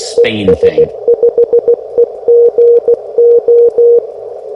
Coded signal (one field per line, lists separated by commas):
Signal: Morse code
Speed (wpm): 16 wpm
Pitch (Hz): 470 Hz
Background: speech, radio noise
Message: ES5EGO